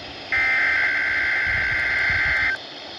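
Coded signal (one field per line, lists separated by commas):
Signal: Emergency Alert System (SAME) tones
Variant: header bursts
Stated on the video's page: Required Weekly Tests from two weather radio transmitters.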